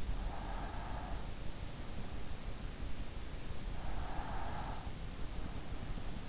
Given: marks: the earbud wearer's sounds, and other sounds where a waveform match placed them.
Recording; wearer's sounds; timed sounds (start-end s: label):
sounds in sleep by an in-ear microphone; breath
0.06-1.85 s: breath
3.87-5.32 s: breath